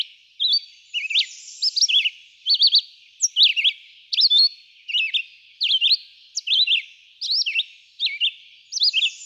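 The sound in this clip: Red-eyed vireo repeating short whistled phrases with slurred, wavering notes, each separated by a brief pause, in a steady rhythm.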